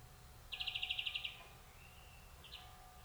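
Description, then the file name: European greenfinch giving one brief rapid trill of about a dozen pulses, followed by near silence with a faint note at the end. "Chloris chloris"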